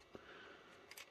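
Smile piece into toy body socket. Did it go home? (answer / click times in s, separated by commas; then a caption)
partly / 0.9 s, 1.0 s. The plastic smile piece of a Super Impulse Toys Poptaters Bob Ross Mr Potato Head toy is pushed further into the socket in the toy's body. After a soft low knock near the start, two small ticks come at 0.9 s and 1.0 s. The piece goes in further but still doesn't sit as well as the lip mouth piece.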